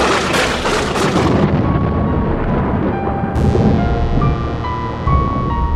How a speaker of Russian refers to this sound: Мы снова послушали бурю, и я сказал: «Ветер, кажется, сильнеет, сеньор Магнус». «Да, ветер, кажется, сильнеет, мистер Вандергуд.